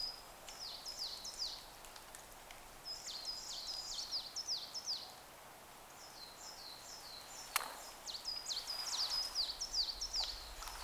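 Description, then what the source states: Bird calls: rapid runs of high, sharply falling chirps in bursts, with a short lull midway and a single sharp click, over a soft hiss. Recorded in a forest with falling snow.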